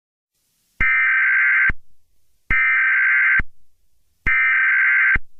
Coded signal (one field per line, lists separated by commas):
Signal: Emergency Alert System (SAME) tones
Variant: header bursts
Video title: EAS Scenario #65: Attack of The Killer Scorpions